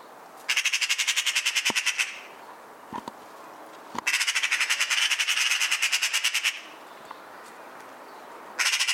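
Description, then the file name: Eurasian magpie in loud harsh chatter, fast dry rattles in long bursts with gaps of about two seconds and a few sharp clicks between. "Pica pica"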